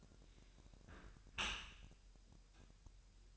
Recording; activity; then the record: daily activity, microphone in the room; close dishwasher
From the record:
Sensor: 2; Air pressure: 1000.5 hPa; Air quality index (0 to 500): 245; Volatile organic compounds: 90 ppm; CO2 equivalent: 3687 ppm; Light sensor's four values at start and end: 9/22/9/9 and 9/22/9/9